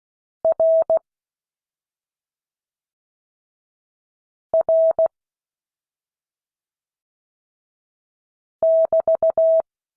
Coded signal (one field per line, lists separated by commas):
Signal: Morse code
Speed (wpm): 16 wpm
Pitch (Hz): 650 Hz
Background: none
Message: R R <BT>